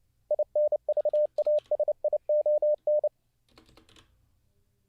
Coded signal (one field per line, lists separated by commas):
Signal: Morse code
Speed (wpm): 29 wpm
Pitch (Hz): 600 Hz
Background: none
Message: INVASION